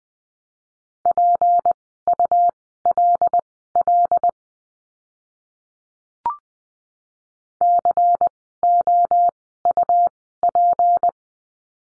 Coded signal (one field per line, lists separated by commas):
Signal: Morse code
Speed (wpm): 20 wpm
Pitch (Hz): 700 Hz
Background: none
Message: PULL COUP